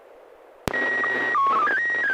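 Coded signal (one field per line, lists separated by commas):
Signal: SSTV (slow-scan television)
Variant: PD 120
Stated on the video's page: SSTV net on an FM repeater on 441.300 MHz, images sent with MMSSTV software.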